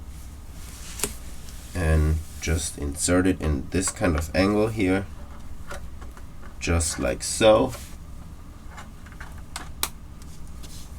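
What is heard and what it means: A 16-inch MacBook Pro is being fitted at an angle into a rugged plastic protective case shell while someone talks, with a few sharp taps and knocks of handling, including brief ones near 1.0 s and 9.8 s. The laptop is handled but nothing has seated or snapped home yet.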